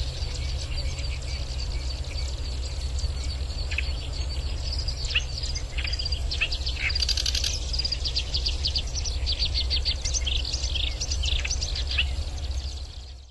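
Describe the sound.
Black-browed reed warbler song: a varied, scratchy stream of high chirps, buzzes and quick trills, continuing for several seconds against a steady low drone.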